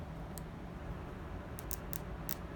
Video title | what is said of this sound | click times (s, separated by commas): Taking A Reborn Doll Apart | and then what I do is just get it started you'll hear it click okay | 0.4 s, 1.6 s, 1.7 s, 2.0 s, 2.3 s